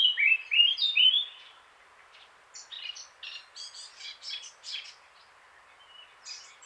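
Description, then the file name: Eurasian blackcap song: a few loud, fluty whistled phrases, then a quieter scratchy, chattering warble of quick high notes. "Sylvia atricapilla"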